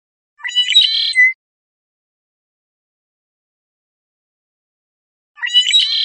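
Red-winged blackbird song, a short phrase of several rough, stacked notes; one full phrase, then another starting at the end, no other sounds.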